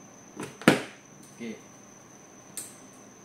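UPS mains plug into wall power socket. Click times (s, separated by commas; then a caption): 0.7 s. A HiView UPS mains plug is pushed into a wall power socket, with a light knock at 0.6 s followed by a loud, sharp hit at 0.7 s as the plug seats. Someone says a short word, and a second, softer click comes at 2.6 s over a faint, steady high-pitched tone.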